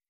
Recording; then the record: hydrophone in a shrimp aquaculture tank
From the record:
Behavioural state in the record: stressed